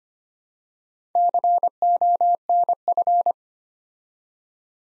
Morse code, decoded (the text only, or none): CONF